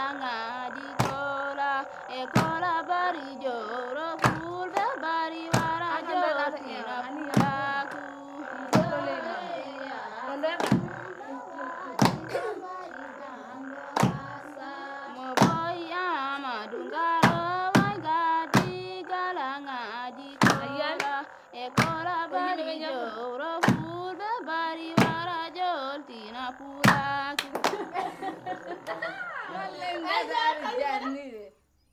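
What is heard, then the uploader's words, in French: A song from Mali: a voice sings continuously, wavering and ornamented in a middle register. Sharp percussive knocks strike about every one to two seconds, faster toward the end, with a faint steady high whine underneath. Chants et sons du Mali. Enregistrements : juillet-août 05.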